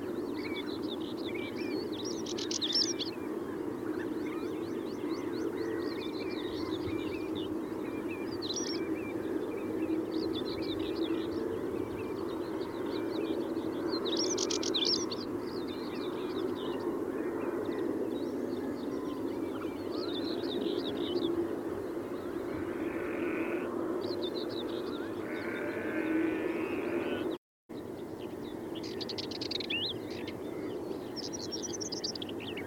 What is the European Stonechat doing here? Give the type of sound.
song